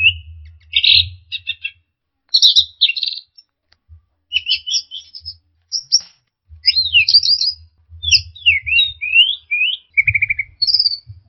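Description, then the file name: Orange-headed thrush delivering a long, varied song of squeaky chips, twittering runs and slurred whistles, with a buzzy trill near the end over a low intermittent hum. Masteran (training) recording of orange-headed thrush sounds. "suara masteran anis merah"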